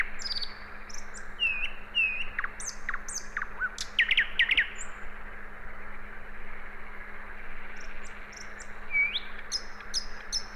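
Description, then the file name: Common nightingale singing a run of rich whistles, fast slurred notes and short buzzy bursts, then a rising whistle, with a constant low hum underneath. "Luscinia megarhynchos"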